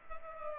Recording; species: mosquito wingbeat signal from an infrared sensor; Culex pipiens